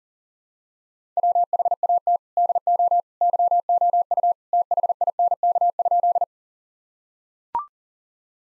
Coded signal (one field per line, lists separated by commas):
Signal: Morse code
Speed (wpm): 40 wpm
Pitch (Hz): 700 Hz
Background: none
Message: WHAT DO YOU THINK?